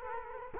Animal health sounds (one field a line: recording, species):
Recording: mosquito wingbeat signal from an infrared sensor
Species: Culex quinquefasciatus